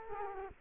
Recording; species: mosquito wingbeat signal from an infrared sensor; Culex quinquefasciatus